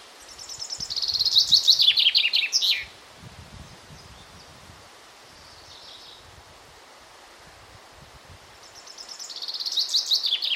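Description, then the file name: Common chaffinch song: a bright trill of high notes tumbling downward into a flourish, a long pause, then the phrase starts again. "Fringilla coelebs"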